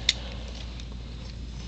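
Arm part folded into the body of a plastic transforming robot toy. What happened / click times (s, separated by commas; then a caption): The plastic arm part clicked into place / 0.1 s. The arm part of a plastic Transformers Deluxe Dropkick transforming robot toy is squeezed in and folded into the body until it clicks into place. A sharp click sounds at 0.1 s, followed by a much fainter tick at about 0.8 s over a low background hum. The arm is seated and the toy is almost fully transformed.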